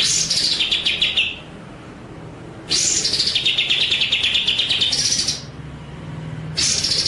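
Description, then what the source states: White-rumped shama delivering long rolling phrases of rapid high notes, separated by pauses of over a second. Masteran (training) track of song, described as full ngerol nembak.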